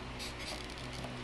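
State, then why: Not seated. A plastic gas cap holder with clips on its back is handled one-handed at the holes in the fuel door area of a Toyota Tacoma truck, with only steady broadband noise and low hum heard throughout. Nothing has seated or clicked yet.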